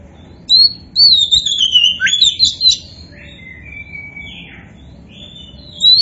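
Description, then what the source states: Oriental magpie-robin delivering one long phrase of bright falling whistles and quick notes, followed by softer warbles and a fresh phrase starting at the end. Kacer poci variety, described as gacor, meaning singing prolifically.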